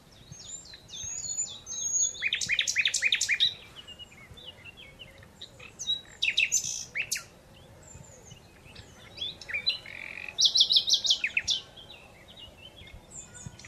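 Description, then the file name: Common Nightingale song with bursts of rapid repeated notes, sharp chips and slurred whistles, several phrases apart from each other by pauses, over soft background noise. "Luscinia megarhynchos"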